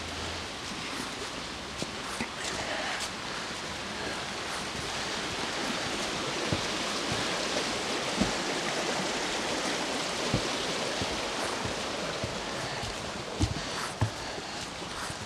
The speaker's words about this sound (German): Wo die Bächlein noch rauschen.